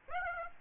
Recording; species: mosquito wingbeat signal from an infrared sensor; Aedes aegypti